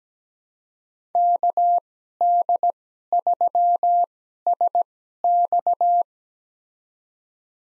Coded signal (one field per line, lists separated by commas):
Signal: Morse code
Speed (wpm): 17 wpm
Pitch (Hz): 700 Hz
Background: none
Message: KD3SX